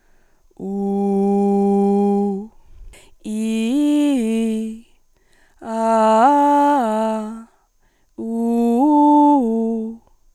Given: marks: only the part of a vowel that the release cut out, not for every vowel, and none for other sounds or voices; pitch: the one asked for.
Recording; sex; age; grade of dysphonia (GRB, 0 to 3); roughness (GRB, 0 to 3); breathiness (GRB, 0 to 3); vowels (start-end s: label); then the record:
sustained vowels; female; 20 to 29 years; 0; 0; 0
0.78-2.31 s: vowel /u/, low pitch
3.35-4.65 s: vowel /i/, low-high-low pitch
5.79-7.17 s: vowel /a/, low-high-low pitch
8.30-9.68 s: vowel /u/, low-high-low pitch
From the record:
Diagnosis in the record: healthy voice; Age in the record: 25 years